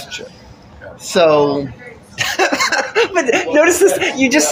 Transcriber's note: laughing